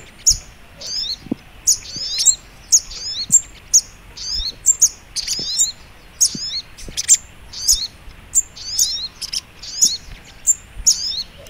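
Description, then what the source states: Sharp, high Little Spiderhunter song of repeated chip notes and quick descending trills, delivered continuously with short gaps. Training (masteran) recording of the Labaik song style.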